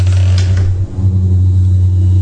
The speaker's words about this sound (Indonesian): Baru beberapa langkah, aku akan keluar dari toilet itu. Tiba-tiba, terdengar suara gagang pintu yang terbuka.